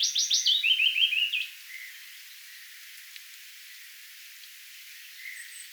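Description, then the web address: Willow warbler song, a short, bright descending phrase of quick whistled notes in the first second and a half, then quiet hiss with faint chirps. Recorded 10 May 2025; the singing bird gradually moves closer and finally sings right beside the recorder. "paivat 10 5 2025 pajulintu tulee vahitellen lahemmaksi laulamaan ja on lopuksi aivan vierella"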